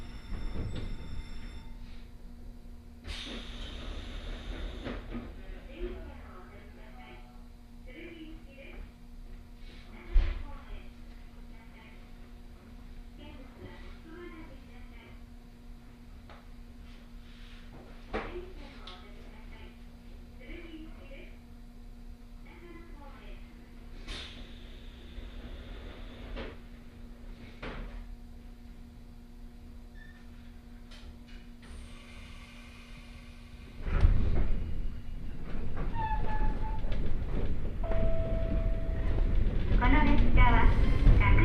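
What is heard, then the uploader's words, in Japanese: Inside a local commuter train, a steady low electric hum runs beneath soft, intermittent voices and occasional knocks and clatters. Around the 34-second mark the rumble of the wheels swells loudly, and a short clear tone sounds near the end. 予想よりも遥かにローカル感の強かった野町駅を出て、終点の剣まで乗車します。額住宅前あたりまでは通勤通学客が乗っていますが、徐々に降りて終点の鶴来までくると数名に。鉄道旅 北陸鉄道石川線 野町→鶴来。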